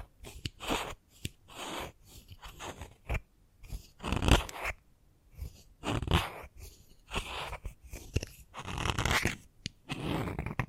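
Chalk scrapes and taps against a hard surface in short, uneven bursts, each a gritty, crunchy stroke lasting under a second with brief pauses between. A few sharper clicks punctuate the scratching, and the strokes sound dry.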